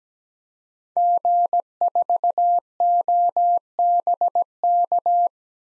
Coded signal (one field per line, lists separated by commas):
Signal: Morse code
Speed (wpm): 17 wpm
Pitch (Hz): 700 Hz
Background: none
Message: G4OBK